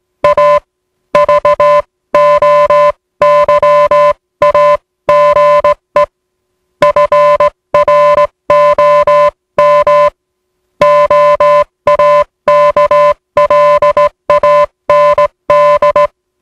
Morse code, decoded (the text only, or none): A VOYAGE FROM OAKLAND